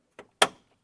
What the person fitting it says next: you can hear that click.